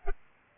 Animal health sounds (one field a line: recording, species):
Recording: mosquito wingbeat signal from an infrared sensor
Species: Aedes albopictus